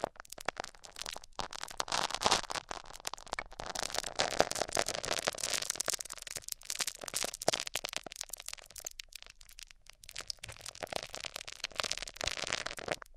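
Microphones rub across a surface, giving a dense run of scratchy, crackling friction noise that fills the whole 13 seconds. The scraping is bright and uneven, with fast irregular bursts and brief dropouts, easing slightly around the tenth second before picking up again.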